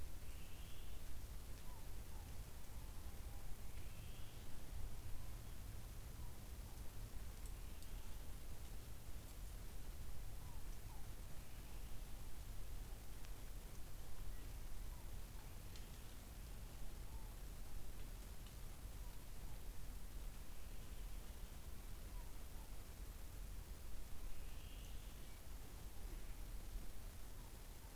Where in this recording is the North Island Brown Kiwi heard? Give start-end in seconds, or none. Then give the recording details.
none. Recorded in New Zealand on 24 November 2013. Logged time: 03:42. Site CF70